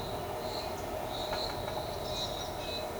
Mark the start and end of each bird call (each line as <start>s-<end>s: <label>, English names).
2.09s-2.85s: Striped Cuckoo